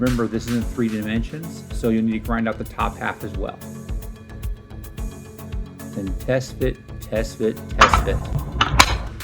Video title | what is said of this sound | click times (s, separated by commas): Gun4IR - Jolt Gun - MK2 Build - Part 2, Camera Install | Oh, I love that little clicking sound when it goes together. | 8.6 s, 8.8 s